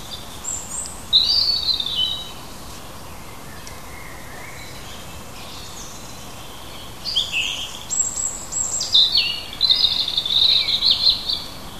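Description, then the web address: Bird singing high twittering phrases, one burst near the start and a longer chattering run in the second half, over soft background hiss. Native hedgerow bird recorded in June. "oeko hecke vogel juni vogel heimisch"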